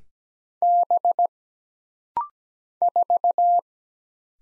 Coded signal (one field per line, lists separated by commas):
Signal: Morse code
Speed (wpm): 17 wpm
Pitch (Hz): 700 Hz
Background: none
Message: B 4